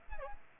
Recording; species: mosquito wingbeat signal from an infrared sensor; Aedes aegypti